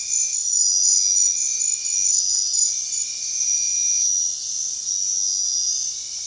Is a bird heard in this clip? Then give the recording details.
no. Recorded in dense forest near Puerto Asís, Putumayo, Colombia, on 29 June 2025 at 21:00. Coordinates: 0.466, -76.327. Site GP04